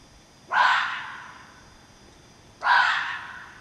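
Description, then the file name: Fox uttering two harsh, raspy barks about two seconds apart, each beginning suddenly and tailing off slowly. More than one fox. "renards"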